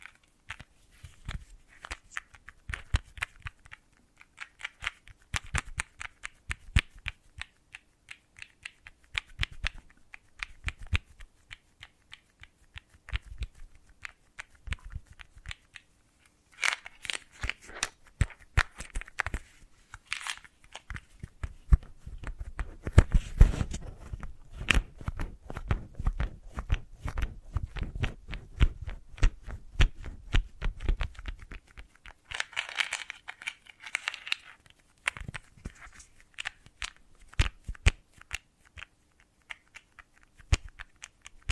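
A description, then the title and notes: Wordless ASMR triggers: a dense, fast run of crisp taps, clicks and shuffling sounds, like cards riffled or scissors snipping, continues throughout. From about 22 to 32 seconds a soft low rumble joins the clicking, and around 33 seconds the sounds turn briefly brighter and hissier. ASMR for People Who Like Sensitive Triggers (No Talking).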